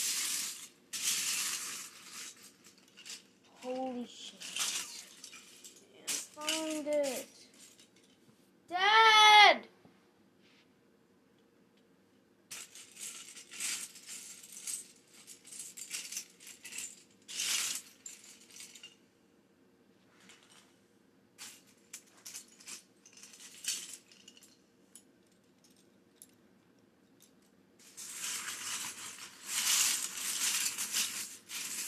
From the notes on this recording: Building a Lego set